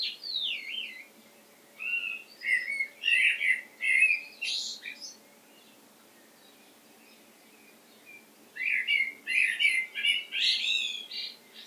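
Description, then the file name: Common blackbird calling in three bursts of chattering, squeaky notes mixed with brief fluty slurs, the last after a quiet gap of several seconds. "Turdus merula"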